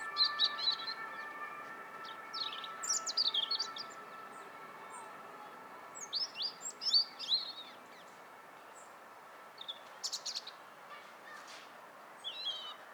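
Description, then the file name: European robin song: scattered high warbled phrases of varied quick notes with pauses, over a droning hum in the first half. "Erithacus rubecula"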